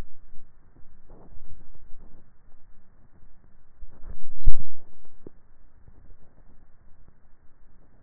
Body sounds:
swallowing sounds by neck microphone; 2
1.05-1.85 s: swallow
5.58-6.18 s: swallow
From the record:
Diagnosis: dysphagia

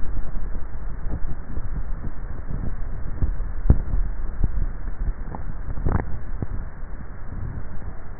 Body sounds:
swallowing sounds by neck microphone; 1
3.68-4.42 s: swallow
From the record:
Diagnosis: dysphagia

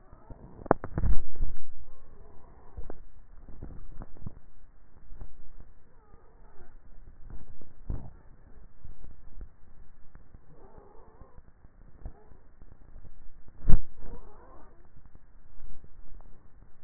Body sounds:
swallowing sounds by neck microphone; 3
3.48-4.38 s: swallow
8.68-9.32 s: swallow
15.42-16.08 s: swallow
From the record:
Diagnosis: dysphagia

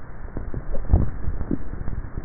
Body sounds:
swallowing sounds by neck microphone; 1
0.65-1.55 s: swallow
From the record:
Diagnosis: dysphagia

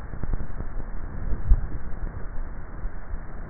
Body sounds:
swallowing sounds by neck microphone; 1
1.42-2.35 s: swallow
From the record:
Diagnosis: dysphagia

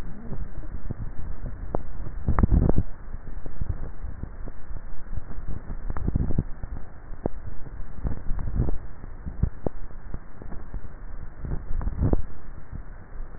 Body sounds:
swallowing sounds by neck microphone; 4
2.28-2.77 s: swallow
5.85-6.38 s: swallow
8.25-8.82 s: swallow
11.68-12.22 s: swallow
From the record:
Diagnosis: dysphagia

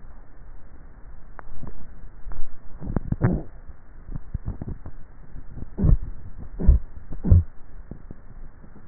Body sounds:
swallowing sounds by neck microphone; 2
1.62-2.55 s: swallow
4.12-4.75 s: swallow
From the record:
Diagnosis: dysphagia

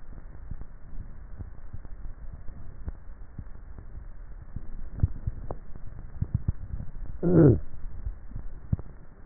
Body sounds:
swallowing sounds by neck microphone; 2
5.05-5.88 s: swallow
8.05-8.65 s: swallow
From the record:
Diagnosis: dysphagia

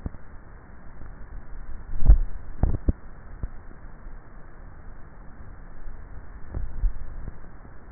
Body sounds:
swallowing sounds by neck microphone; 2
1.88-2.98 s: swallow
6.58-7.52 s: swallow
From the record:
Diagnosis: dysphagia

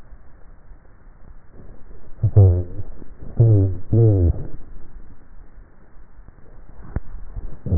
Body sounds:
swallowing sounds by neck microphone; 1
7.15-7.58 s: swallow
From the record:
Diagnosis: dysphagia

